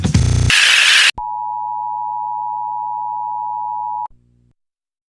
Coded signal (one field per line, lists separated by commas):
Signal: Emergency Alert System (SAME) tones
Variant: 853 and 960 Hz attention tone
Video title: EAS Short: noedolekciN Part 2